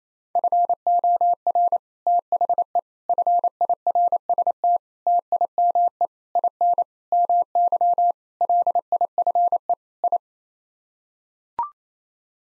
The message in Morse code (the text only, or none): FOR THE FIRST TIME IN MY LIFE I